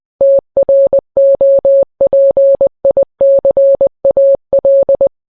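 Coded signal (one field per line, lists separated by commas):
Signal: Morse code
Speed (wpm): 20 wpm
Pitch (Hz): 550 Hz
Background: none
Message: TROPICAL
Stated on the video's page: Morse code heard on NOAA Weather Radio.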